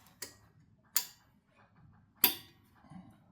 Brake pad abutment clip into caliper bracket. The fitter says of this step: So this should snap into place pretty easily.